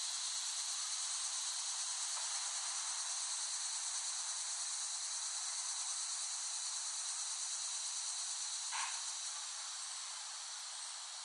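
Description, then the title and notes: Cicada chorus as a steady high buzz, fading slightly near the end, with a brief click late on. Cicadas in West Brighton, Staten Island, late summer 2008. "Dronecast No. 021: The Cicadas of Summer. Recording of cicadas made by Dan Bodah in West Brighton, Staten Island, late summer 2008"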